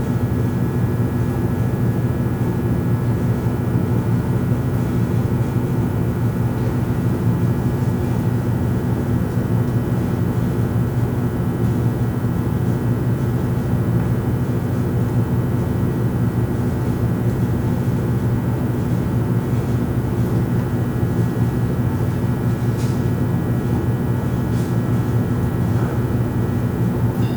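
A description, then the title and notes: A constant low rumble fills the room, steady and dense for the whole stretch, with a strong hum and several fixed tones running through it like machinery or an aircraft cabin. A few faint clicks surface near the end, around twenty-three seconds. Rumble of the Room.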